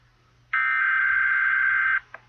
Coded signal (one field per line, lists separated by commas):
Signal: Emergency Alert System (SAME) tones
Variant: header bursts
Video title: camera view of tornado eas test